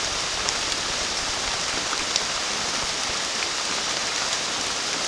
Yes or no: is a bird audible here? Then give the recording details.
no. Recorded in pastures near Puerto Asís, Putumayo, Colombia, on 29 June 2025 at 13:00. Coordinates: 0.466, -76.322. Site GP07